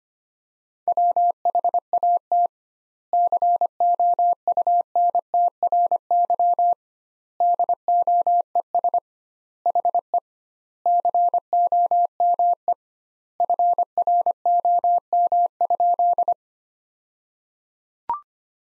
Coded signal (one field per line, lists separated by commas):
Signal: Morse code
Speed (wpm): 25 wpm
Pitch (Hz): 700 Hz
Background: none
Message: WHAT COUNTRY DOES HE COME FROM?